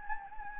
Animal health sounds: mosquito wingbeat signal from an infrared sensor; Anopheles gambiae

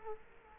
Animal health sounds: mosquito wingbeat signal from an infrared sensor; Culex quinquefasciatus

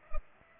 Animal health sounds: mosquito wingbeat signal from an infrared sensor; Culex pipiens

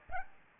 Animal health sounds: mosquito wingbeat signal from an infrared sensor; Aedes aegypti

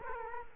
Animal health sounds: mosquito wingbeat signal from an infrared sensor; Culex quinquefasciatus

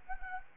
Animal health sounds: mosquito wingbeat signal from an infrared sensor; Anopheles arabiensis

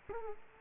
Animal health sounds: mosquito wingbeat signal from an infrared sensor; Culex quinquefasciatus

